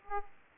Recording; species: mosquito wingbeat signal from an infrared sensor; Aedes aegypti